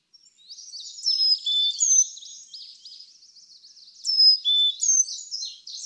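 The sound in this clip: Carolina chickadee whistled song, falling high-to-lower notes in two bursts, set within a thick background of buzzy, twittering bird calls.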